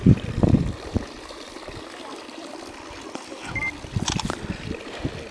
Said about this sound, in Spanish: Solamente hay una caída de agua que podemos observar en este sector.